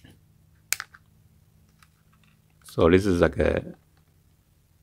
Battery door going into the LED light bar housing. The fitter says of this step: and then just click the buried or back in so